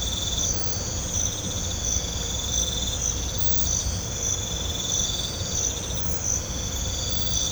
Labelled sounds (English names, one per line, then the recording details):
none
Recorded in pastures near Puerto Asís, Putumayo, Colombia, on 18 December 2024 at 04:30
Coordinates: 0.502, -76.324
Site G077